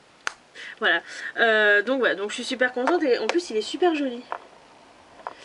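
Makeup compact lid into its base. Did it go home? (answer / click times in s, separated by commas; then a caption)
yes / 0.3 s. The plastic lid of a magnetic blush compact is closed onto its base, giving a sharp snap at 0.3 s as it shuts. Someone then talks over the rest of the clip, and a brief faint tap follows near the end.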